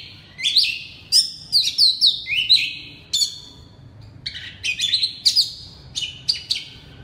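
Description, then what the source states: Oriental magpie-robin song of loud, clear slurred whistles mixed with sharp clicks. Loud song, the style called kacer ngeplong keras in Indonesian.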